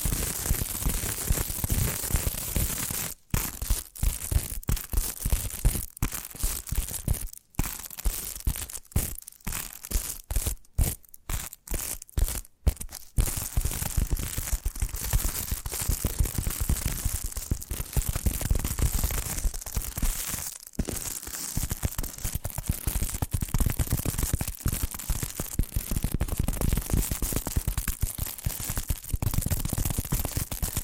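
Tapping triggers sound as a dense, fast run of sharp taps and crackly scratches with a grainy, textured edge. Between about 3 and 13 seconds, brief silent gaps break the flow several times, then the tapping runs on steadily and busily to the end.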